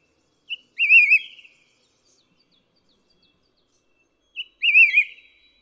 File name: 台灣噪眉